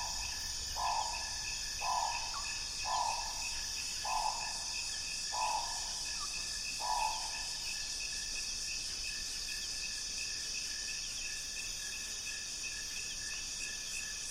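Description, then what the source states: Insects in a dense, unbroken high-pitched chorus that never lets up, while a bird gives six short, hollow mid-pitched notes, about one a second, early on. Deafening chorus at dusk in Mohoba forest, Congo Basin Rainforest; DPA 4061 microphones, Sound Devices MixPre D, Sony PCM M10.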